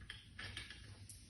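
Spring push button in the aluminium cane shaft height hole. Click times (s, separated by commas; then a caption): 0.1 s. The aluminium shaft of a quad cane is slid up until its spring-loaded silver push button snaps into the next height hole, clicking into place at 0.1 s. Several softer metallic knocks and rattles follow around 0.4, 0.6 and 1.1 s as the shaft settles. The height adjustment is seated.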